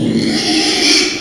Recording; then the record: squeal of a Yucatan mini pig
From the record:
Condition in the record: after surgery on the right vocal fold (resection and tissue-engineered implant); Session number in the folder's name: 2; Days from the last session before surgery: 13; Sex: male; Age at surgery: 12 weeks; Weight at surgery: 13 kg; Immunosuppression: cyclosporine, prednisolone